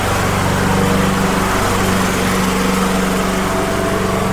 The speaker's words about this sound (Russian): На лужайке перед домом гремела и завывала газонокосилка.